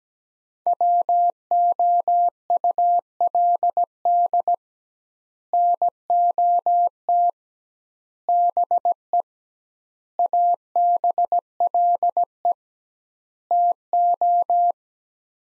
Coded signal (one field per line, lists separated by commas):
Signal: Morse code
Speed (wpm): 17 wpm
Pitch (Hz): 700 Hz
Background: none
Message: WOULD NOT BE ABLE TO